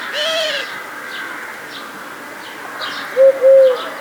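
Collared dove cooing at low pitch: one soft hollow coo at the start, then a short two-note coo near the end, with faint high chirps behind.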